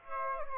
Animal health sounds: mosquito wingbeat signal from an infrared sensor; Aedes aegypti

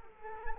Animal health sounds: mosquito wingbeat signal from an infrared sensor; Culex quinquefasciatus

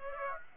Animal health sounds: mosquito wingbeat signal from an infrared sensor; Aedes aegypti

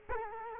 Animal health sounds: mosquito wingbeat signal from an infrared sensor; Culex quinquefasciatus

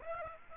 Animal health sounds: mosquito wingbeat signal from an infrared sensor; Aedes aegypti

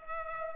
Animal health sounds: mosquito wingbeat signal from an infrared sensor; Culex pipiens

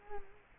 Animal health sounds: mosquito wingbeat signal from an infrared sensor; Culex quinquefasciatus

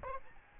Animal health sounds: mosquito wingbeat signal from an infrared sensor; Aedes albopictus

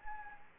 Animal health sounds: mosquito wingbeat signal from an infrared sensor; Anopheles gambiae

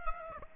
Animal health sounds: mosquito wingbeat signal from an infrared sensor; Aedes aegypti

